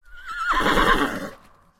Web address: Lynne Music 2 Horse-Neigh